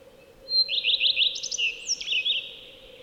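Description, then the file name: Common redstart singing one phrase: a thin high note, four quick repeated notes, then a scratchy, varied flourish, with a constant low hum behind. "Lepplintu Redstart"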